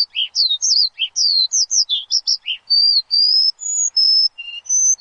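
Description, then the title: Javan bush lark song, varied high whistled and slurred notes in quick succession, some long flat whistles and lower dipping notes. Lure for a Javan bush lark in full, lively song. "PANCINGAN Suara BURUNG Branjangan Gacor"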